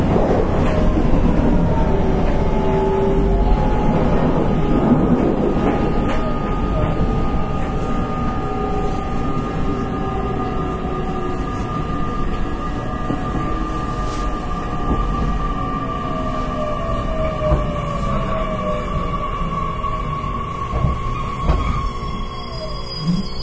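A Nippou Line local train, Series 813, runs with a steady low rumble and a whining motor tone that gradually drifts in pitch.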